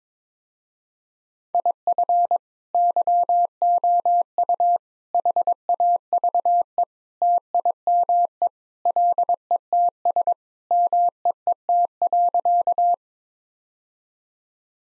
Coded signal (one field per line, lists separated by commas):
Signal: Morse code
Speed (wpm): 22 wpm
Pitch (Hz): 700 Hz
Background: none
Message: IF YOU HAVE TIME LETS MEET.